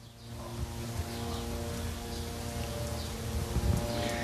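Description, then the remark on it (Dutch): A steady, buzzing drone hums overhead with a fixed multi-tone whine, constantly flying over Hotel Montana in southern Lebanon. Short high bird chirps break through every second or so, with no voices present. “Hoort hier niet alleen vogels, maar ook een drone die constant over blijft vliegen, blijft zoomen.”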